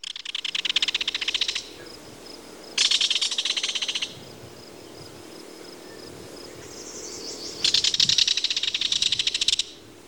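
Belted kingfisher giving three loud, dry, rapid rattles, each one to two seconds long, separated by quieter pauses with a steady background hiss.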